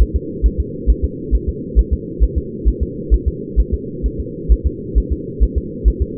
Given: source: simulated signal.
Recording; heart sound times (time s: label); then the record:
fetal heart sounds
0.02 s: S1
0.16 s: S2
0.46 s: S1
0.60 s: S2
0.90 s: S1
1.04 s: S2
1.35 s: S1
1.49 s: S2
1.79 s: S1
1.93 s: S2
2.23 s: S1
2.38 s: S2
2.68 s: S1
2.83 s: S2
3.14 s: S1
3.28 s: S2
3.60 s: S1
3.74 s: S2
4.06 s: S1
4.20 s: S2
4.52 s: S1
4.66 s: S2
4.98 s: S1
5.12 s: S2
5.43 s: S1
5.58 s: S2
5.88 s: S1
6.02 s: S2
From the record:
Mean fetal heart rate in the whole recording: 135 bpm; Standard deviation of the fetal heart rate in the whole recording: 3 bpm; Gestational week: 34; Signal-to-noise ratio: -4.1 dB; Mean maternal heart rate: no maternal heart sound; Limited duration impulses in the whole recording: absent